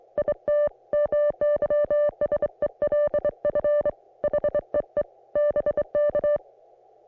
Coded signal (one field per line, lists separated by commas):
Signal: Morse code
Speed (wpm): 26 wpm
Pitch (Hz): 590 Hz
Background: music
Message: IT MYSELF HEE BK